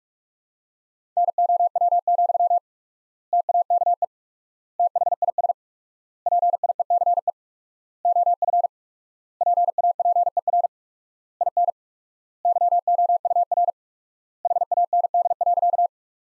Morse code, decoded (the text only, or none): NOW, TAKE THIS PIECE OF PAPER IN YOUR HAND.